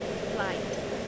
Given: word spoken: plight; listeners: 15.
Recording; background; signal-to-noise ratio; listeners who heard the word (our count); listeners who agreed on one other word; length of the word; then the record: one English word in noise, from a listening test; speech-shaped noise; -5.0 dB; 1 of 15; 13 of 15; 0.68 s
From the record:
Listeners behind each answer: 13, 1, 1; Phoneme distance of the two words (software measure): 10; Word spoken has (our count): 1 syllable, 4 phonemes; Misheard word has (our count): 1 syllable, 4 phonemes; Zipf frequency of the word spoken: 3.52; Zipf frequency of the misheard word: 4.58